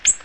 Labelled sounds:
Ovenbird (Seiurus aurocapilla) flight call

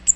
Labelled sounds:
Cape May Warbler (Setophaga tigrina) flight call

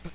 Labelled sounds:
Hooded Warbler (Setophaga citrina) flight call

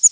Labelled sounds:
Prairie Warbler (Setophaga discolor) flight call

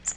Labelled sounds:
Magnolia Warbler (Setophaga magnolia) flight call

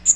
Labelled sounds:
Magnolia Warbler (Setophaga magnolia) flight call

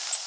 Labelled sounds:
Orange-crowned Warbler (Leiothlypis celata) flight call

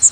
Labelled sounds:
Magnolia Warbler (Setophaga magnolia) flight call

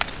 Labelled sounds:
Grace's Warbler (Setophaga graciae) flight call

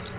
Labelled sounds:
Magnolia Warbler (Setophaga magnolia) flight call

